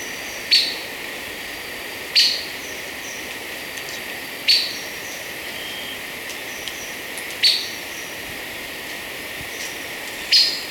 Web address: Natures Songs S America Birds of Ecuador Chestnut-Crowned Gnateater